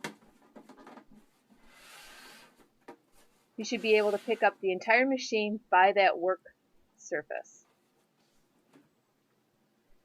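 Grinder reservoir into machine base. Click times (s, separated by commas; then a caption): 0.1 s. A grinder reservoir top is dropped over the motor shaft and pressed into the grinder base until its spring-loaded latches engage with a sharp click at 0.1 s. After a few soft handling sounds and a brief rustle, someone talks. The reservoir is seated in the base.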